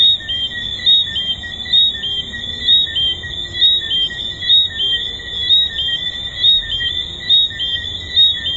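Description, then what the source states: Tree frogs call together, sharp high notes recurring about every second above a constant shrill chorus, swelling and dipping rhythmically. Tree frogs recorded at the Hedonism II resort.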